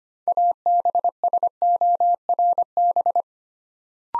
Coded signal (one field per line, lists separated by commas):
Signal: Morse code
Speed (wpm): 25 wpm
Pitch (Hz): 700 Hz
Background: none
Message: ABSORB